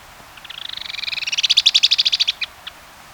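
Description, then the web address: Stout-billed cinclodes song: a rapid trill that starts soft and swells in loudness, then ends with a few separate notes. Ecuador. "Birds of Ecuador. Stout-Billed Cinclodes"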